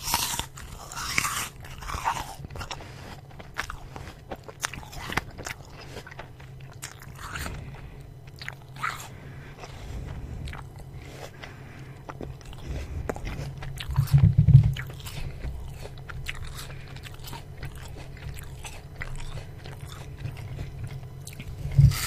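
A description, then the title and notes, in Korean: Someone eats a crisp apple, with sharp crunchy bites and wet chewing repeating every second or so throughout. A low steady hum sits underneath, and a louder thump comes around the middle and again near the end. 사과를 아삭아삭 맛있게. 맛있는 사과를 냠얌.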